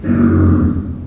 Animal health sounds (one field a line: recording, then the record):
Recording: squeal of a Yucatan mini pig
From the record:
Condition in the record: after surgery on the right vocal fold (resection and tissue-engineered implant)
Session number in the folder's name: 7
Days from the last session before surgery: 47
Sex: female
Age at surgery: 19 weeks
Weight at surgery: 25 kg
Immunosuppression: prednisolone